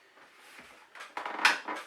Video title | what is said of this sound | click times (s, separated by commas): Dyson AM10 Humidifier - Review | there we go Clicks in place this time | 1.5 s